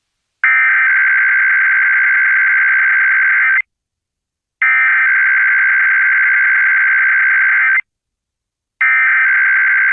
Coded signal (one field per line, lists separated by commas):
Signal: Emergency Alert System (SAME) tones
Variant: header bursts